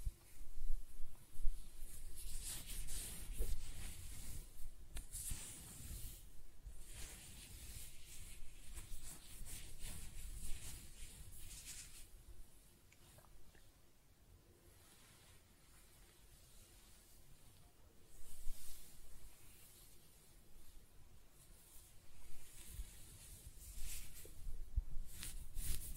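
Close-up hair being scratched, brushed and stroked: soft bursts of hiss and rustle come and go, busy early, quieter mid-clip, returning near the end.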